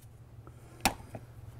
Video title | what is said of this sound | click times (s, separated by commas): BEST ELECTRIC PRESSURE WASHER VIDEO - USES AND REVIEW FEATURING the 1900 psi AR383 | heard a click it's annoying I would rather be with my family | 0.8 s